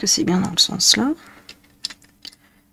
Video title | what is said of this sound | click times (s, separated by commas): Vlog 22 partie 1 | ça se clip pas | none